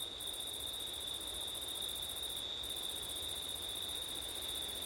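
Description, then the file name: Crickets trill without pause at a high pitch while a shriller pulsed chirping stops twice briefly; soft wind throughout. Crickets recorded on a September night with wind. "crickets wind september night ortif"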